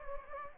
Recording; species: mosquito wingbeat signal from an infrared sensor; Anopheles gambiae